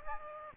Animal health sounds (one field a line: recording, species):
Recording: mosquito wingbeat signal from an infrared sensor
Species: Aedes aegypti